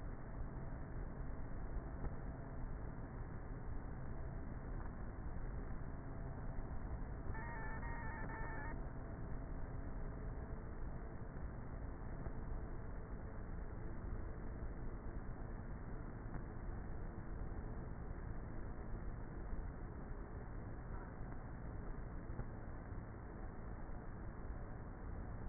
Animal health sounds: honeybee colony, microphone inside the hive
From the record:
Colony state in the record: queenless with a low population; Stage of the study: before two queens were removed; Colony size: about 30,000 bees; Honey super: no

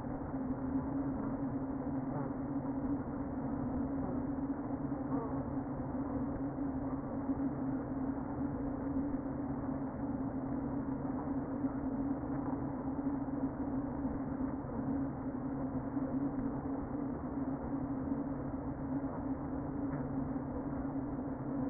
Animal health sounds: honeybee colony, microphone inside the hive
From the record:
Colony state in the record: queen present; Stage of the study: before two queens were removed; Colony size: about 60,000 bees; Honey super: yes

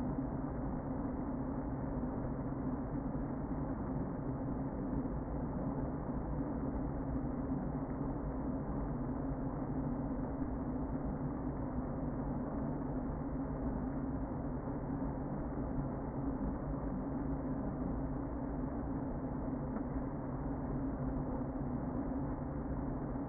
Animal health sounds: honeybee colony, microphone inside the hive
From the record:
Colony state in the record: queen present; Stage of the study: before two queens were removed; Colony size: about 60,000 bees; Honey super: yes

